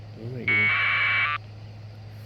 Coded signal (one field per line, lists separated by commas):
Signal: packet radio (AX.25, as in APRS)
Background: speech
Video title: Got the correct software for the tariff ham radios 📻 😋 🙌 👌 aprs time!